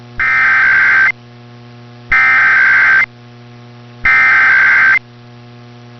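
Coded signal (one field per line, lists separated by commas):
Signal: Emergency Alert System (SAME) tones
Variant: header bursts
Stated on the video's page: Texas Required Monthly Test on WBAP-AM, received through a remote KiwiSDR receiver.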